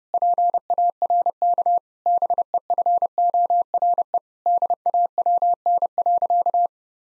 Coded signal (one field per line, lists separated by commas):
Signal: Morse code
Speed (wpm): 30 wpm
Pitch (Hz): 700 Hz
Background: none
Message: PARK BEFORE DAWN.